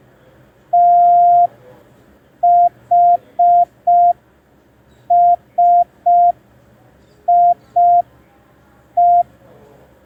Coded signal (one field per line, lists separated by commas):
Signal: Morse code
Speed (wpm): 5 wpm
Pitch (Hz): 700 Hz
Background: none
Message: THSIE